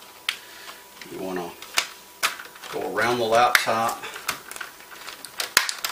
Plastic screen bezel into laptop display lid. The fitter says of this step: snapping in what you can you'll hear the clicks